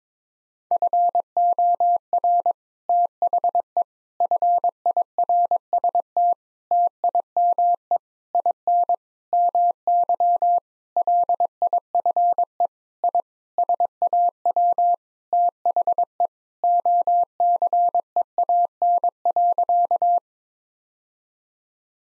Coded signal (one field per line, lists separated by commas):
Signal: Morse code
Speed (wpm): 22 wpm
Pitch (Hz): 700 Hz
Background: none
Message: FOR THE FIRST TIME IN MY LIFE I SAW THE OCEAN.